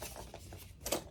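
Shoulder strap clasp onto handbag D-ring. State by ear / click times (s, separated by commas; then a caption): seated / 0.9 s. The second end of a metal shoulder-strap clasp is clipped onto the D-ring of a COACH handbag, with a faint tick at about 0.3 s before a sharp metallic click at 0.9 s. The clasp seats, turning it into a shoulder bag.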